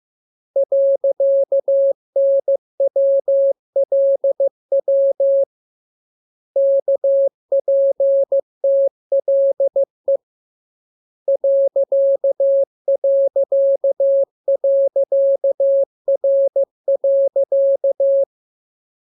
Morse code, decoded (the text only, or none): .NWLW KPTLE ...R.